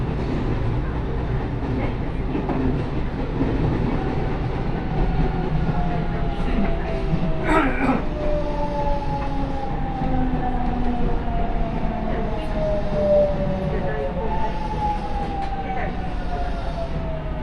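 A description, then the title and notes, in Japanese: Riding an Osaka Loop Line train: steady low rumble throughout, with long gliding tones sliding downward from about eight seconds and a brief clatter near eight. 耳で楽しむ鉄道旅 ＪＲ難波→新今宮→京橋→鴫野。大阪環状線の内回り電車に乗り換えて京橋に向かいます。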